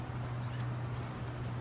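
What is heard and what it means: A plastic clamp bar on a paper trimming base is handled after a failed cut, with the paper reinserted and the bar about to be slid and pressed down harder until it snaps. Only a steady low hum and broad, even background noise are heard, with no sharp sounds. Nothing has seated or clicked yet.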